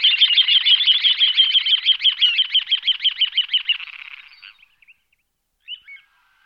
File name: charadrius dubius